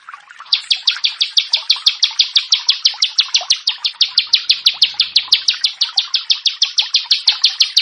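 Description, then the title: Bar-winged prinia singing a rapid string of bright, high, clipped notes that starts softly, then runs on at an even, brisk pace. "Ciblek Sawah"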